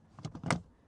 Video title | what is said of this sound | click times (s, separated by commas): Engine & Cabin Air Filter Replacement in Your Subaru (Forester, Outback, Crosstrek, Ascent, WRX) | Okay, once those are both in, and they kind of latch or uh click into place, | 0.5 s